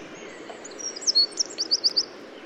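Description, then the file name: Eurasian wren, a short, very high-pitched burst: a few thin notes followed by five quick, sharp, evenly spaced notes. "Troglodytes troglodytes"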